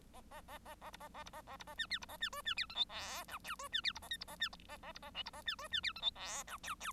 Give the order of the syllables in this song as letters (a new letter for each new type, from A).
A A A A A B A A B A A B A C C B A C D C E F G H I J D C E B A K B A C A A B A L B A C D C E F G H I J J